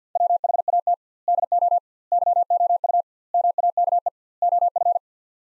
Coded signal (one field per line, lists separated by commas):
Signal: Morse code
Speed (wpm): 50 wpm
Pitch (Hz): 700 Hz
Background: none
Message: WHAT DO YOU MAKE OF